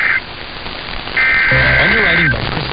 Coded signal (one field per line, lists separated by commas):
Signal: Emergency Alert System (SAME) tones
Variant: header bursts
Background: speech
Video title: BACK IN BUSINESS | EAS Alerts from 8/10/2022 (EAS #1313-1338)